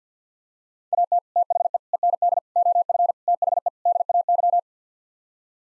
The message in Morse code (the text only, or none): AT THE END OF THE DAY